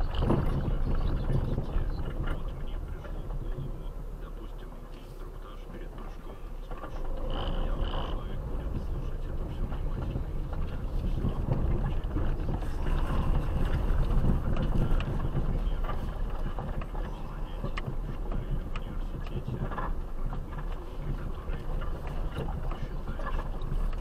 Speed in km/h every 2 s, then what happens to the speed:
10, 9, 0, 3, 13, 13, 14, 15, 5, 3, 5, 4.
2-4 brakes to 0. 4-8 pulls away to 13. 8-13 steady at about 13. 13-17 slows to 3. 17-24 steady at about 4.